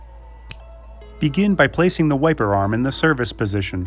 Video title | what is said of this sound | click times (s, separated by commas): Rain-X Expert Fit Rear Wiper Blade - Rear I&L Installation | press the adapter onto the wiper blade until it locks into place with a click | 0.5 s